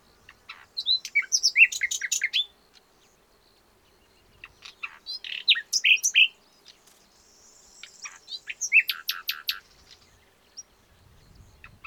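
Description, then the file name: Common nightingale song in three bursts of fast repeated notes and whistles, separated by short quiet gaps, with faint low rustling near the end. "Luscinia megarhynchos"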